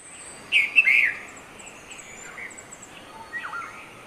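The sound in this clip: Red-vented bulbul song: a short, warbled phrase, then quieter notes.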